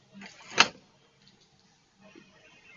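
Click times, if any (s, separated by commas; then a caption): 0.6 s. The trunk lid of a Mercedes SL500 R230, fitted with an air-driven soft-close actuator, is closed onto its latch, and one sharp click at 0.6 s marks the latch catching. After that only faint low sounds follow, and the second click, where the actuator should pull the lid fully down, never comes. The latch catches, but the soft close fails.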